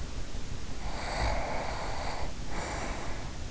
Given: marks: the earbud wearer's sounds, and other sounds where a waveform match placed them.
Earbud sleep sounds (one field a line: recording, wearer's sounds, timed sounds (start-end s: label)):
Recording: sounds in sleep by an in-ear microphone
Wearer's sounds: breath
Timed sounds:
0.71-3.44 s: breath